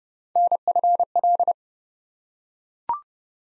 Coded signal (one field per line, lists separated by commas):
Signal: Morse code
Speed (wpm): 32 wpm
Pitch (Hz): 700 Hz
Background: none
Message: NFL